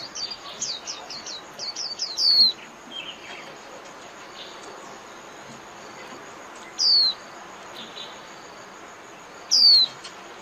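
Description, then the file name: White-eye calls: thin, high whistled notes sliding downward, three repeated at irregular intervals, with a burst of quick chirps at the start over a steady background hiss. Lure call (mồi) used to attract white-eyes for trapping. "Tieng khuyen moi"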